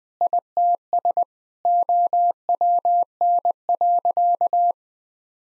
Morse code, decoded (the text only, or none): ITS OWN.